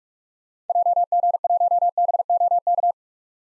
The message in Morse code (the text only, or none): JG1BOK